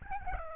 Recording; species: mosquito wingbeat signal from an infrared sensor; Aedes albopictus